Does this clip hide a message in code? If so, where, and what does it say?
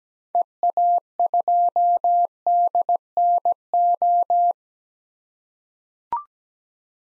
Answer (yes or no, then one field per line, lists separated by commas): yes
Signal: Morse code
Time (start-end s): 0.3-4.5 s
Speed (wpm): 17 wpm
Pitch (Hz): 700 Hz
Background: none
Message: EA2DNO